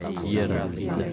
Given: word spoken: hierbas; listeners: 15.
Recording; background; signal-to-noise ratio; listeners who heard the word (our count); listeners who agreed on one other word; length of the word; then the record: one Spanish word in noise, from a listening test; eight-talker babble; -0.6 dB; 0 of 15; 7 of 15; 0.73 s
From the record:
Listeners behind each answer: 7, 2, 1, 1, 1, 1, 1, 1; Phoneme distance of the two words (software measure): 28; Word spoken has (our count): 2 syllables, 6 phonemes, stress on syllable 1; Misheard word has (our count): 2 syllables, 6 phonemes, stress on syllable 1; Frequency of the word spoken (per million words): 10.96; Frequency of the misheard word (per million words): 63.41